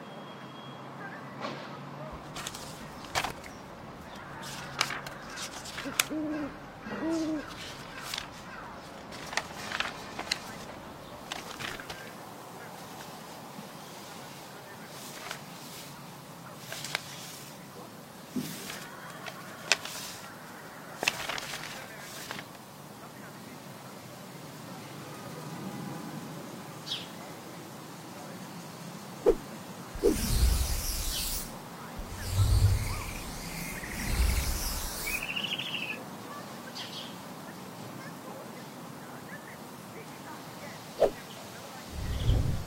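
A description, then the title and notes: A flying broom and an open book: sparse taps, clicks and soft rustles come at irregular moments over a quiet low hum. Around the 30-second mark a louder rushing whoosh swells for several seconds, then things settle back to scattered small sounds. Flying broom, open book.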